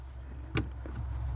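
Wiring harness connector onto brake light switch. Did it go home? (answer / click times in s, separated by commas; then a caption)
yes / 0.6 s. A wiring harness plug is pushed onto a new brake light switch under the dash of a Frontier, replacing a failing brake switch. A sharp, bright click at 0.6 s, followed by a much fainter knock around 0.9 s, over a steady low hum. The connector clicks home and is seated.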